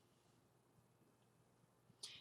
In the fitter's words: make sure that you really hear it click